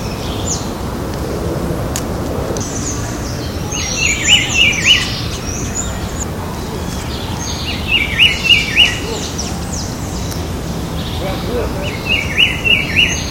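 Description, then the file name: Rufous-browed peppershrike delivering three warbled whistled phrases roughly four seconds apart, accompanied by thin high chirps and buzzy notes of other birds and constant low background noise. Recorded in Butantã, São Paulo, Brazil, on 28 September 2013. "Cyclarhis-gujanensis-Int Butantan SP-BR-28-9-13"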